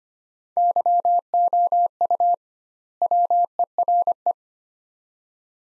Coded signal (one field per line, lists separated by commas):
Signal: Morse code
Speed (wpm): 25 wpm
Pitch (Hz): 700 Hz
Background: none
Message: YOU WERE